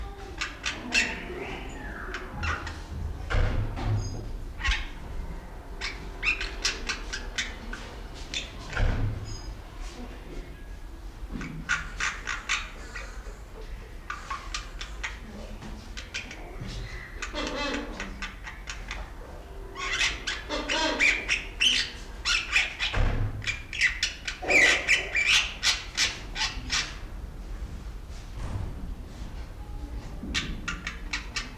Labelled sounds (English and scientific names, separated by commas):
Wreathed Hornbill (Rhyticeros undulatus)